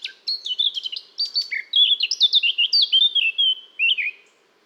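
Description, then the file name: Eurasian blackcap song: one hurried four-second warble of scratchy chips building into clearer whistled, slurred notes before stopping. "Sylvia atricapilla"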